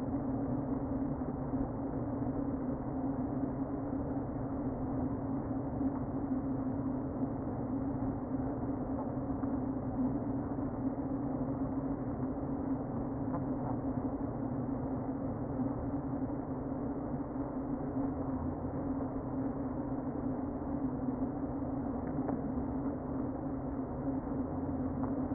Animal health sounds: honeybee colony, microphone inside the hive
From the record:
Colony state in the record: queen present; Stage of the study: before two queens were removed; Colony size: about 60,000 bees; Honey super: yes

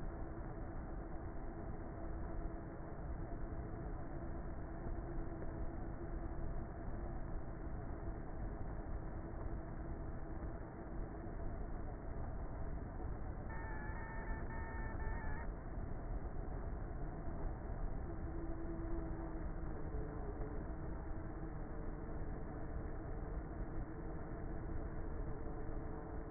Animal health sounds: honeybee colony, microphone inside the hive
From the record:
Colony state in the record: queenless with a low population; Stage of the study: before two queens were removed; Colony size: about 30,000 bees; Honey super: no

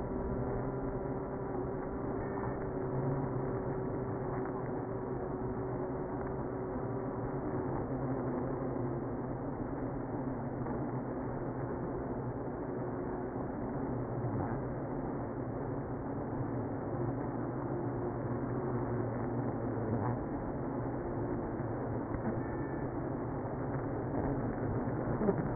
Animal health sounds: honeybee colony, microphone inside the hive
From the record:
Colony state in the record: queenless (queen removed); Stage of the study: after two queens were removed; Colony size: about 60,000 bees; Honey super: yes

